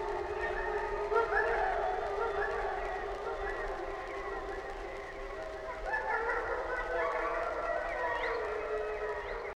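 Wolf: several wolves howling together, a dense chorus of overlapping wavering and sliding tones.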